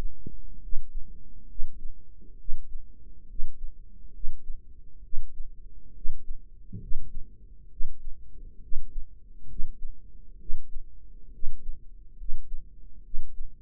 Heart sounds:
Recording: heart sounds by microphone in the right ear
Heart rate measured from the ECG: 68 bpm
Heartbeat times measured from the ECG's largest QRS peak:
0.63 s: heartbeat
1.50 s: heartbeat
2.40 s: heartbeat
3.30 s: heartbeat
4.15 s: heartbeat
5.04 s: heartbeat
5.96 s: heartbeat
6.82 s: heartbeat
7.71 s: heartbeat
8.63 s: heartbeat
9.50 s: heartbeat
10.40 s: heartbeat
11.34 s: heartbeat
12.19 s: heartbeat
13.05 s: heartbeat
From the record:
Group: healthy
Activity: rest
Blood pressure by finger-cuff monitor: 143/88 mmHg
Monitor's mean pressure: 101 mmHg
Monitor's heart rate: 67 bpm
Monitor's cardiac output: 7.6 L/min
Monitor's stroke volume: 113 mL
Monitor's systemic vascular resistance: 990 dyn s/cm5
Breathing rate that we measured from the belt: 21 breaths a minute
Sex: male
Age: 30 years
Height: 188 cm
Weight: 110.2 kg

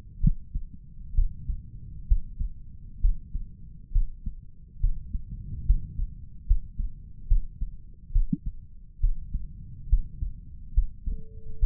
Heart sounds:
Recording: heart sounds by stethoscope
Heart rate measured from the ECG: 69 bpm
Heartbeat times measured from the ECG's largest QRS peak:
0.20 s: heartbeat
1.14 s: heartbeat
2.07 s: heartbeat
3.01 s: heartbeat
3.92 s: heartbeat
4.80 s: heartbeat
5.66 s: heartbeat
6.46 s: heartbeat
7.27 s: heartbeat
8.12 s: heartbeat
9.00 s: heartbeat
9.89 s: heartbeat
10.74 s: heartbeat
11.59 s: heartbeat
From the record:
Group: healthy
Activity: rest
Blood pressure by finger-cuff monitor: 115/73 mmHg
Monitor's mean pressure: 90 mmHg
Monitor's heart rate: 68 bpm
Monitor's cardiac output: 5.7 L/min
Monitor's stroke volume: 83 mL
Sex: male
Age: 35 years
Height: 178 cm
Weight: 64 kg

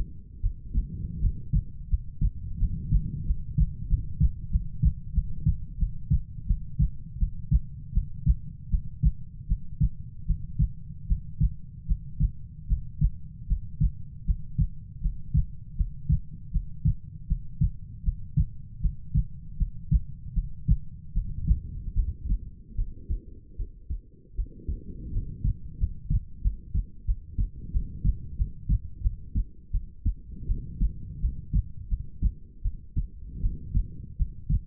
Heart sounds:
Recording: heart sounds by stethoscope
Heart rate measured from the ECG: 82 bpm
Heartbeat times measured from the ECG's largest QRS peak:
0.41 s: heartbeat
1.20 s: heartbeat
1.89 s: heartbeat
2.58 s: heartbeat
3.25 s: heartbeat
3.88 s: heartbeat
4.50 s: heartbeat
5.13 s: heartbeat
5.78 s: heartbeat
6.46 s: heartbeat
7.18 s: heartbeat
7.93 s: heartbeat
8.70 s: heartbeat
9.47 s: heartbeat
10.26 s: heartbeat
11.07 s: heartbeat
11.87 s: heartbeat
12.68 s: heartbeat
13.47 s: heartbeat
14.25 s: heartbeat
15.01 s: heartbeat
15.76 s: heartbeat
16.51 s: heartbeat
17.27 s: heartbeat
18.03 s: heartbeat
18.81 s: heartbeat
19.57 s: heartbeat
20.34 s: heartbeat
21.13 s: heartbeat
21.95 s: heartbeat
22.76 s: heartbeat
23.56 s: heartbeat
24.35 s: heartbeat
25.12 s: heartbeat
25.78 s: heartbeat
26.42 s: heartbeat
27.05 s: heartbeat
27.72 s: heartbeat
28.36 s: heartbeat
29.01 s: heartbeat
29.71 s: heartbeat
30.46 s: heartbeat
31.20 s: heartbeat
31.88 s: heartbeat
32.62 s: heartbeat
33.41 s: heartbeat
34.17 s: heartbeat
From the record:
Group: healthy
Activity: breath hold 0-14 s, rest 14-35 s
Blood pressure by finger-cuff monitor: 104/63 mmHg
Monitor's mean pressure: 76 mmHg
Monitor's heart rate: 79 bpm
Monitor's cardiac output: 6.9 L/min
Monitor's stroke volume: 86 mL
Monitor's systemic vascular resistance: 780 dyn s/cm5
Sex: female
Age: 19 years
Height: 163 cm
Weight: 48.9 kg

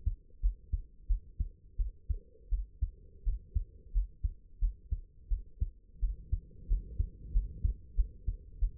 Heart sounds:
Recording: heart sounds by stethoscope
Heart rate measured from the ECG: 88 bpm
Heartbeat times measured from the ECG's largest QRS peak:
0.41 s: heartbeat
1.08 s: heartbeat
1.77 s: heartbeat
2.50 s: heartbeat
3.24 s: heartbeat
3.93 s: heartbeat
4.60 s: heartbeat
5.29 s: heartbeat
6.01 s: heartbeat
6.68 s: heartbeat
7.32 s: heartbeat
7.95 s: heartbeat
8.60 s: heartbeat
From the record:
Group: healthy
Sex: female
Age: 22 years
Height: 161 cm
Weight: 65.5 kg

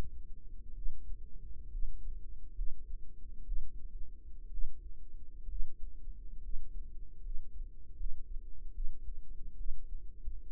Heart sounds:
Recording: heart sounds by microphone in the right ear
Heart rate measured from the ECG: 68 bpm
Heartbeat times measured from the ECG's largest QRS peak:
0.75 s: heartbeat
1.71 s: heartbeat
2.55 s: heartbeat
3.45 s: heartbeat
4.51 s: heartbeat
5.49 s: heartbeat
6.42 s: heartbeat
7.22 s: heartbeat
7.97 s: heartbeat
8.73 s: heartbeat
9.57 s: heartbeat
From the record:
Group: healthy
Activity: rest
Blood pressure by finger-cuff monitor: 98/58 mmHg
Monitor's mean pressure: 70 mmHg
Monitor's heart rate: 67 bpm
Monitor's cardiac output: 5.8 L/min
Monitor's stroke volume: 86 mL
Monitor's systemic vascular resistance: 860 dyn s/cm5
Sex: female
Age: 28 years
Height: 170 cm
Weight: 77 kg

